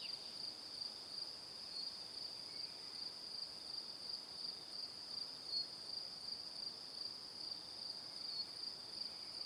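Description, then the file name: High, even cricket chirping continues without pause, lightly pulsing at a steady pace. "Calm - Evening Crickets"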